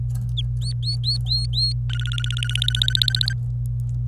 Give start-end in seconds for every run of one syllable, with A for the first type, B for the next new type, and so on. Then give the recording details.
0.62-1.73 A, 1.90-3.33 B. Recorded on 26 April 2018 at 12:19. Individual llb3